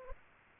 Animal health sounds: mosquito wingbeat signal from an infrared sensor; Aedes aegypti

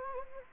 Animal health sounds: mosquito wingbeat signal from an infrared sensor; Anopheles gambiae

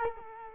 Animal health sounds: mosquito wingbeat signal from an infrared sensor; Culex quinquefasciatus

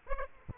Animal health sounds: mosquito wingbeat signal from an infrared sensor; Aedes aegypti

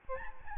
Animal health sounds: mosquito wingbeat signal from an infrared sensor; Aedes albopictus

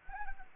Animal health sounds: mosquito wingbeat signal from an infrared sensor; Anopheles arabiensis

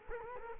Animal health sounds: mosquito wingbeat signal from an infrared sensor; Culex quinquefasciatus

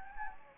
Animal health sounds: mosquito wingbeat signal from an infrared sensor; Anopheles gambiae

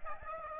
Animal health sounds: mosquito wingbeat signal from an infrared sensor; Aedes aegypti

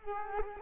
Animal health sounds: mosquito wingbeat signal from an infrared sensor; Culex quinquefasciatus

